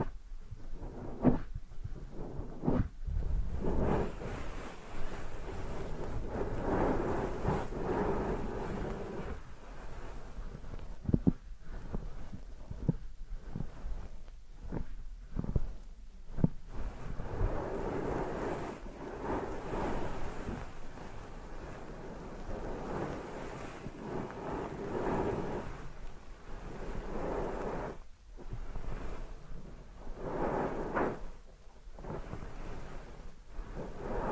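Deep ear massage: a continuous muffled rubbing and rumbling, heaviest in the low and middle range. Frequent scratchy bursts and brief gaps break it up every second or two, with a sharp crackle near 11 seconds; the overall loudness stays fairly even.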